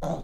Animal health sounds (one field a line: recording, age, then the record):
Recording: pig call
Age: piglet (1 to 25 days)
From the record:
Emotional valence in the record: negative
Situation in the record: long isolation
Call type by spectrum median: low-frequency call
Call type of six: mixed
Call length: 0.23 s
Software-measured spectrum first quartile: 139 Hz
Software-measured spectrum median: 417 Hz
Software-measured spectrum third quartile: 700 Hz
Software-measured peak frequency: 164 Hz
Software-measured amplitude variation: 104 dB a second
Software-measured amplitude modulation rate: 23.8 a second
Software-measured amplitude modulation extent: 4.4 dB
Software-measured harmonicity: 2.4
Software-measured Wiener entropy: -0.78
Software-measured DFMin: 1562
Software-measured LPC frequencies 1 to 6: 661, 3478, 3869, 4827, 6368, 7645 Hz